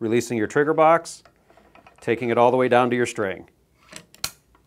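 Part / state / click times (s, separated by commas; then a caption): crossbow trigger box latching onto the bowstring / seated / 4.2 s. Someone talks while holding the release button on a Ravin R18 crossbow and sliding the trigger box down the rail toward the bowstring. After a quiet stretch, a few small ticks lead to a sharp click at 4.2 seconds as the trigger box latches onto the bowstring and seats.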